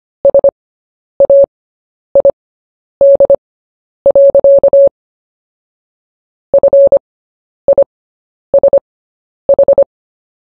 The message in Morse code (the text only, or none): SAID. FISH